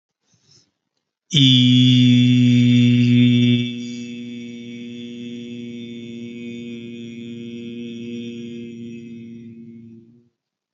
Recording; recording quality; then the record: sustained vowel as in beet; excellent, no background noise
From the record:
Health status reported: healthy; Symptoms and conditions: none ticked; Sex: male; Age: 29 years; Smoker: not ticked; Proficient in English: yes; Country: United States